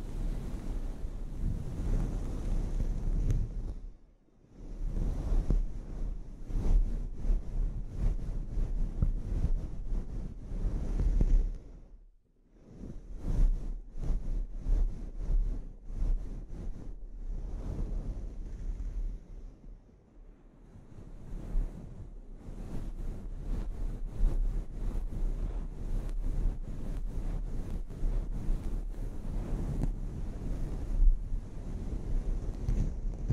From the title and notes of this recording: ASMR Sleep Inducing Scalp Treatment (No Talking).